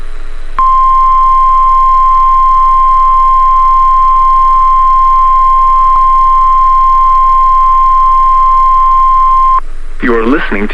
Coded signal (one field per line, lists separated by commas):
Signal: Emergency Alert System (SAME) tones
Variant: 1050 Hz attention tone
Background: speech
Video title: EAS #40: KIH35 Required Weekly Test - September 14, 2022 11:00 AM